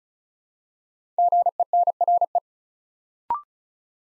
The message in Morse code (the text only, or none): GENRE